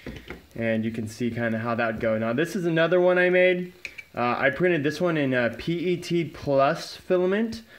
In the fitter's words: this little lever right here just locks in place on your Picatinny rail and you